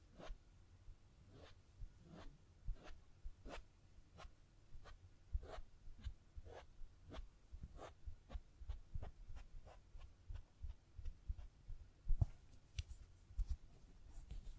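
Scratching and tapping on a surface, with short sharp clicks landing roughly every half second for the whole stretch. Between them runs a soft, low rubbing, and around twelve seconds the taps bunch closer together and hit harder.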